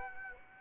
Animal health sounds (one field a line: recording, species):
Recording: mosquito wingbeat signal from an infrared sensor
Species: Aedes aegypti